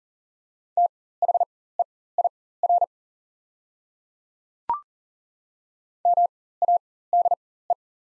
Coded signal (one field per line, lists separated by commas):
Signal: Morse code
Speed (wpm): 40 wpm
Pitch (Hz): 700 Hz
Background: none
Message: THEIR MADE